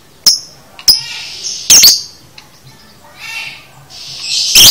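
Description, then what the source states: Lovebird giving a few loud shrill chirps, spaced apart, with softer raspy buzzes between them. Used to train a lovebird to chatter in the "konslet" style.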